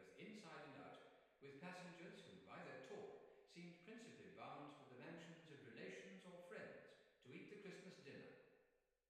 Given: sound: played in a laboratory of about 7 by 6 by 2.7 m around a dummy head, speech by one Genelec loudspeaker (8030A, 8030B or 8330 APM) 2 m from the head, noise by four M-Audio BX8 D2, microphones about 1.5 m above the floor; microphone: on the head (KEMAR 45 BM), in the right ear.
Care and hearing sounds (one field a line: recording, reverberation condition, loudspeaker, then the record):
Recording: male speech in English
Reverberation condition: high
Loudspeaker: 30 degrees to the left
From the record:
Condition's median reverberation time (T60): about 1300 ms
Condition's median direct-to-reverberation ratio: about -4.0 dB